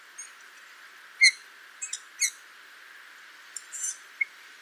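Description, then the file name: Eurasian bullfinch giving a few brief, soft whistled notes, irregularly spaced, mixed with some thin higher chirps against a constant hiss. "Pyrrhula pyrrhula"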